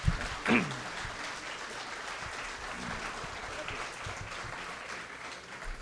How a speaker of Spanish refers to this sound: Esta mañana, con la presencia del señor rector, doctor Juan Saldaña Rojas, que preside la mesa de honor, como también la del vicerrector académico, doctor Hugo Cruz Ulloa, para quienes vamos a pedir un aplauso de bienvenida esta mañana.